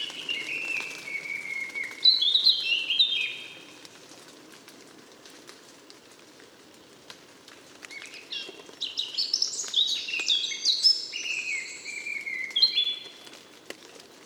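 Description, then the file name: Eurasian blackcap song, two rich warbling phrases of quick varied notes, some clear fluty whistles, separated by a quiet gap with faint background hiss. "Sylvia atricapilla"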